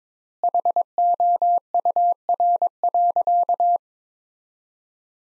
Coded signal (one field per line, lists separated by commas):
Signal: Morse code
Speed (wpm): 22 wpm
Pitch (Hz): 700 Hz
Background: none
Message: HOUR.